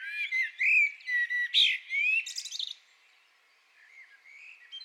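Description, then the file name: Common blackbird singing: mellow fluted warbles, then a squeaky high twitter, followed by a quiet pause with faint phrases. "Turdus merula"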